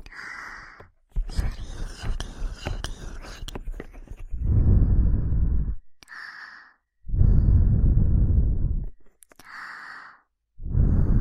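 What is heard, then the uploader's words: Close, intimate eating sounds right at the ear: crisp clicking and crunching bites in the first four seconds, then alternating bursts of muffled low rumbling and brighter hissy rustles. The pattern repeats quickly, with brief silent gaps between bursts. ASMR Cute & Fast Ear Eating.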